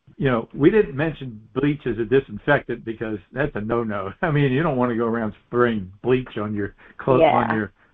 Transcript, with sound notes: you know, we didn't mention bleach as a disinfectant because that's a no-no. (laughs) I mean, you don't want to go around spraying bleach on your clothes,